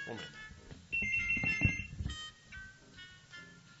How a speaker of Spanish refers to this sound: ¿Está sonando el teléfono?